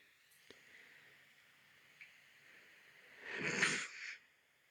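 A single rough, snorting breath of about one second breaks a quiet room, a snore-like sleep sound.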